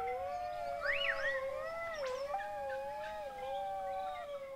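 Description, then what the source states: Dingo howling: a long, steady, wavering tone held throughout, with a second, higher voice briefly sliding up and down over it. Two resident alpine dingoes, Dusty and Secret, a male and a female, at Secret Creek Wildlife Sanctuary on an old mine site in Australia.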